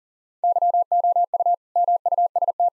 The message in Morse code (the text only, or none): YOU MUST